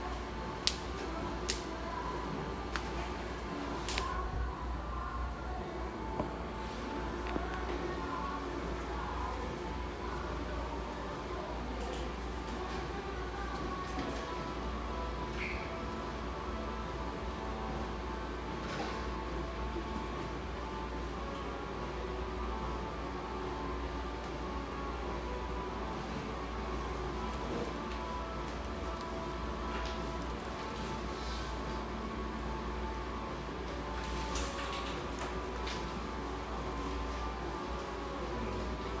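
A coffeehouse, carried by a steady, dense low rumble and hum that holds even from start to finish. Soft sustained tones sit underneath, and sharp clinks and clatters of cups and dishes break through every few seconds across the whole stretch.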